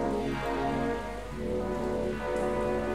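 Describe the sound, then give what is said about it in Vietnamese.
Heavy rain pours outside in a steady, dense hiss that fills the whole clip, with a constant low rumble underneath and no voices. “Hôm nay cái mạng nhà anh nó trời nó mưa, ngoài trời nó đang mưa dữ dội luôn.”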